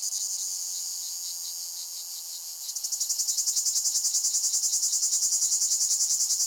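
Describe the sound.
Cicada (Lyristes) song: a loud, continuous high buzz that after about two and a half seconds breaks into a rapid, even pulsing.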